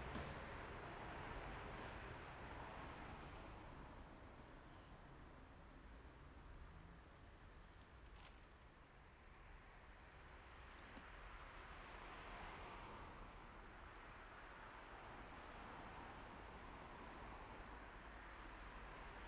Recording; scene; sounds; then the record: everyday scene through a hearing-aid microphone; in traffic; traffic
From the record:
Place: main road on the outskirts, rush hour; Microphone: behind the ear, left, front